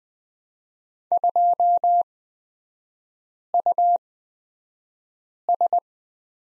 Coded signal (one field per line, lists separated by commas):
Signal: Morse code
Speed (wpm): 20 wpm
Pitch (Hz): 700 Hz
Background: none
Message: 2US